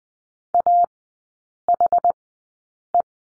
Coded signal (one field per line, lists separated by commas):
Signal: Morse code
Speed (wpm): 20 wpm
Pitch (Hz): 700 Hz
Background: none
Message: AHE